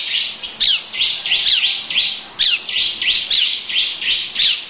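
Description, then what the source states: Lovebird song: high, sharp chirps given in uneven clusters. Long "ngekek" song style, also labelled ciblek.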